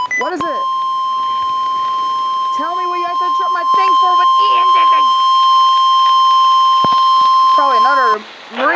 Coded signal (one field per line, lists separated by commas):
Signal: Emergency Alert System (SAME) tones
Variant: 1050 Hz attention tone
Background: speech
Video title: 7/26/2023 Storm + 2 EAS Alerts (EAS #1111 - 1112)